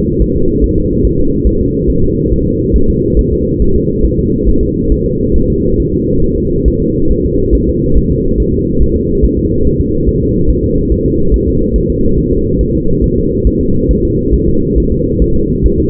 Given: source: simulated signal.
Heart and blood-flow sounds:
fetal heart sounds
0.22 s: S1
0.36 s: S2
0.64 s: S1
0.78 s: S2
1.05 s: S1
1.19 s: S2
1.47 s: S1
1.61 s: S2
1.90 s: S1
2.04 s: S2
2.33 s: S1
2.47 s: S2
2.76 s: S1
2.90 s: S2
3.19 s: S1
3.33 s: S2
3.62 s: S1
3.76 s: S2
4.05 s: S1
4.19 s: S2
4.49 s: S1
4.63 s: S2
4.92 s: S1
5.06 s: S2
5.36 s: S1
5.50 s: S2
5.80 s: S1
5.94 s: S2
6.24 s: S1
6.38 s: S2
6.68 s: S1
6.82 s: S2
7.12 s: S1
7.25 s: S2
7.55 s: S1
7.69 s: S2
7.97 s: S1
8.12 s: S2
8.40 s: S1
8.54 s: S2
8.82 s: S1
8.96 s: S2
9.25 s: S1
9.39 s: S2
9.67 s: S1
9.81 s: S2
10.09 s: S1
10.23 s: S2
10.50 s: S1
10.65 s: S2
10.92 s: S1
11.06 s: S2
11.34 s: S1
11.48 s: S2
11.76 s: S1
11.90 s: S2
12.18 s: S1
12.33 s: S2
12.61 s: S1
12.75 s: S2
13.04 s: S1
13.18 s: S2
13.47 s: S1
13.61 s: S2
13.91 s: S1
14.05 s: S2
14.34 s: S1
14.49 s: S2
14.78 s: S1
14.92 s: S2
15.22 s: S1
15.36 s: S2
15.66 s: S1
15.80 s: S2
From the record:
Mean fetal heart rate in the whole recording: 140 bpm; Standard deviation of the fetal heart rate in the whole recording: 2 bpm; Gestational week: 34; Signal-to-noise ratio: -16.4 dB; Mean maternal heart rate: 72 bpm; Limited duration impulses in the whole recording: present

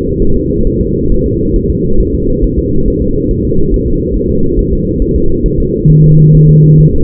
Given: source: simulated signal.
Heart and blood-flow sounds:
fetal heart sounds
0.22 s: S1
0.37 s: S2
0.67 s: S1
0.81 s: S2
1.12 s: S1
1.26 s: S2
1.56 s: S1
1.70 s: S2
2.00 s: S1
2.15 s: S2
2.44 s: S1
2.58 s: S2
2.88 s: S1
3.02 s: S2
3.31 s: S1
3.45 s: S2
3.74 s: S1
3.88 s: S2
4.16 s: S1
4.31 s: S2
4.59 s: S1
4.73 s: S2
5.02 s: S1
5.16 s: S2
5.46 s: S1
5.60 s: S2
5.90 s: S1
6.04 s: S2
6.35 s: S1
6.49 s: S2
6.81 s: S1
6.95 s: S2
From the record:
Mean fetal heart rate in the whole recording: 135 bpm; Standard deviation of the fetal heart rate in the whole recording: 3 bpm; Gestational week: 36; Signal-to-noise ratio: -17.7 dB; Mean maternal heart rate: 72 bpm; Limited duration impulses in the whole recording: present

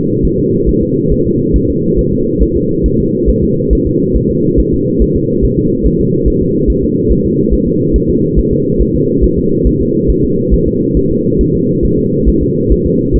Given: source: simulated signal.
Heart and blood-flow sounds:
fetal heart sounds
0.25 s: S1
0.39 s: S2
0.69 s: S1
0.83 s: S2
1.12 s: S1
1.27 s: S2
1.56 s: S1
1.70 s: S2
1.99 s: S1
2.13 s: S2
2.43 s: S1
2.57 s: S2
2.86 s: S1
3.00 s: S2
3.30 s: S1
3.44 s: S2
3.73 s: S1
3.87 s: S2
4.16 s: S1
4.31 s: S2
4.60 s: S1
4.74 s: S2
5.02 s: S1
5.16 s: S2
5.45 s: S1
5.59 s: S2
5.86 s: S1
6.01 s: S2
6.28 s: S1
6.42 s: S2
6.70 s: S1
6.84 s: S2
7.12 s: S1
7.26 s: S2
7.54 s: S1
7.68 s: S2
7.96 s: S1
8.10 s: S2
8.39 s: S1
8.53 s: S2
8.81 s: S1
8.96 s: S2
9.24 s: S1
9.38 s: S2
9.67 s: S1
9.81 s: S2
10.10 s: S1
10.25 s: S2
10.54 s: S1
10.68 s: S2
10.97 s: S1
11.11 s: S2
11.41 s: S1
11.55 s: S2
11.85 s: S1
11.99 s: S2
12.29 s: S1
12.43 s: S2
12.72 s: S1
12.86 s: S2
13.16 s: S1
From the record:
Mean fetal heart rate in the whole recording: 140 bpm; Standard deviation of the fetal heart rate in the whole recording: 2 bpm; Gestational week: 34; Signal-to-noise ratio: -11.2 dB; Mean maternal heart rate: 72 bpm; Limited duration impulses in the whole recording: present

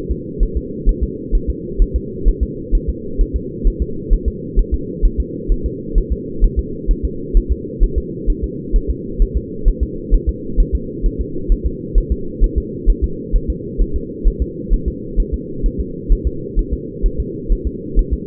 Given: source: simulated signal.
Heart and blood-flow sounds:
fetal heart sounds
0.11 s: S2
0.43 s: S1
0.57 s: S2
0.89 s: S1
1.03 s: S2
1.35 s: S1
1.50 s: S2
1.82 s: S1
1.96 s: S2
2.28 s: S1
2.43 s: S2
2.75 s: S1
2.89 s: S2
3.21 s: S1
3.36 s: S2
3.68 s: S1
3.82 s: S2
4.13 s: S1
4.28 s: S2
4.59 s: S1
4.74 s: S2
5.06 s: S1
5.20 s: S2
5.52 s: S1
5.66 s: S2
5.98 s: S1
6.12 s: S2
6.44 s: S1
6.59 s: S2
6.91 s: S1
7.05 s: S2
7.37 s: S1
7.52 s: S2
7.83 s: S1
7.98 s: S2
8.30 s: S1
8.44 s: S2
8.76 s: S1
8.91 s: S2
9.22 s: S1
9.37 s: S2
9.68 s: S1
9.83 s: S2
10.14 s: S1
10.29 s: S2
10.60 s: S1
10.75 s: S2
11.06 s: S1
11.21 s: S2
11.52 s: S1
11.67 s: S2
11.98 s: S1
12.12 s: S2
12.44 s: S1
12.58 s: S2
12.90 s: S1
13.04 s: S2
13.36 s: S1
13.50 s: S2
13.82 s: S1
13.96 s: S2
14.28 s: S1
14.42 s: S2
14.74 s: S1
14.88 s: S2
15.20 s: S1
15.34 s: S2
15.66 s: S1
15.80 s: S2
16.12 s: S1
16.27 s: S2
16.59 s: S1
16.74 s: S2
17.06 s: S1
17.20 s: S2
17.52 s: S1
17.67 s: S2
17.99 s: S1
18.13 s: S2
From the record:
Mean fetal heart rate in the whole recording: 130 bpm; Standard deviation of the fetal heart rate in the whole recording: 2 bpm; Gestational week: 38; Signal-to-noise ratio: -4.3 dB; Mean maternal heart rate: 72 bpm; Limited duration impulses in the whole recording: absent

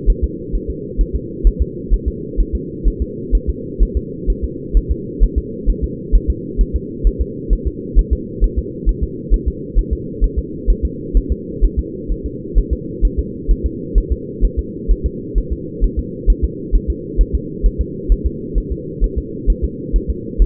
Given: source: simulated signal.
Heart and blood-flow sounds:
fetal heart sounds
0.10 s: S1
0.24 s: S2
0.55 s: S1
0.70 s: S2
1.01 s: S1
1.16 s: S2
1.47 s: S1
1.62 s: S2
1.94 s: S1
2.08 s: S2
2.40 s: S1
2.55 s: S2
2.88 s: S1
3.02 s: S2
3.35 s: S1
3.50 s: S2
3.83 s: S1
3.97 s: S2
4.30 s: S1
4.44 s: S2
4.77 s: S1
4.92 s: S2
5.23 s: S1
5.38 s: S2
5.70 s: S1
5.84 s: S2
6.15 s: S1
6.30 s: S2
6.61 s: S1
6.76 s: S2
7.07 s: S1
7.22 s: S2
7.53 s: S1
7.67 s: S2
7.99 s: S1
8.13 s: S2
8.44 s: S1
8.59 s: S2
8.89 s: S1
9.04 s: S2
9.34 s: S1
9.48 s: S2
9.79 s: S1
9.93 s: S2
10.24 s: S1
10.39 s: S2
10.70 s: S1
10.85 s: S2
11.17 s: S1
11.32 s: S2
11.64 s: S1
11.79 s: S2
12.12 s: S1
12.26 s: S2
12.58 s: S1
12.73 s: S2
13.05 s: S1
13.19 s: S2
13.51 s: S1
13.66 s: S2
13.98 s: S1
14.12 s: S2
14.45 s: S1
14.59 s: S2
14.91 s: S1
15.06 s: S2
15.38 s: S1
15.53 s: S2
15.84 s: S1
15.99 s: S2
16.30 s: S1
16.45 s: S2
16.75 s: S1
16.90 s: S2
17.21 s: S1
17.35 s: S2
17.66 s: S1
17.81 s: S2
18.12 s: S1
18.26 s: S2
18.58 s: S1
18.72 s: S2
19.04 s: S1
19.18 s: S2
19.50 s: S1
19.64 s: S2
19.96 s: S1
20.10 s: S2
20.42 s: S1
From the record:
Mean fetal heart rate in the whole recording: 130 bpm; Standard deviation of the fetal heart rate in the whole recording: 2 bpm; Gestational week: 36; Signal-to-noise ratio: -4.1 dB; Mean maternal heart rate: no maternal heart sound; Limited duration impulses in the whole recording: absent

